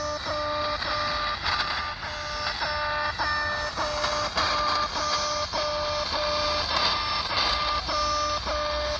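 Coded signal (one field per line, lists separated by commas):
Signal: channel marker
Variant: The Alarm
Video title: SW DX "The Alarm" - Russian military commandment network communication, reception in Sofia, Bulgaria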